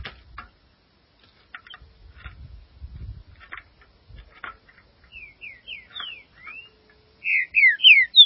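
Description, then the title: Green-winged saltator: a quieter series of rising and falling slurred whistles, then a louder burst of swooping whistled notes at the end, after scattered soft clicks. "Trinca Ferro"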